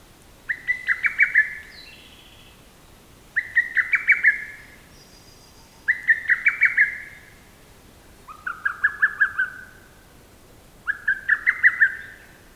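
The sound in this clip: Bird calls in short bursts of five or six rapid, harsh notes near the same pitch, repeated about every two and a half seconds over quiet background.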